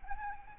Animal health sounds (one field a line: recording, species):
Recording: mosquito wingbeat signal from an infrared sensor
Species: Aedes albopictus